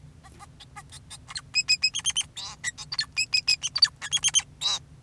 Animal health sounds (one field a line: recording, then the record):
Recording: song of a male Bengalese finch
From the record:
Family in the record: son of father 2, and himself father 4